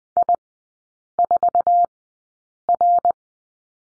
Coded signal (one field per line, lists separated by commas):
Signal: Morse code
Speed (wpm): 20 wpm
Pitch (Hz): 700 Hz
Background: none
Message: I4R